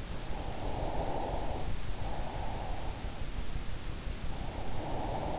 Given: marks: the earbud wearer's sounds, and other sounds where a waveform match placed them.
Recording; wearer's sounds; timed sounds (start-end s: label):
sounds in sleep by an in-ear microphone; breath
0.08-3.23 s: breath
4.11-5.39 s: breath